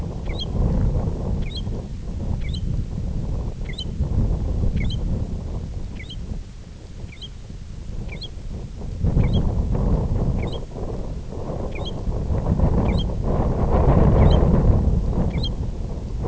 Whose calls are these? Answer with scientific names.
Pluvialis dominica